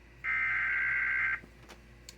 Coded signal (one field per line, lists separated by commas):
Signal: Emergency Alert System (SAME) tones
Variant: header bursts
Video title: EAS 838 - Severe Thunderstorm Watch 249 (TV)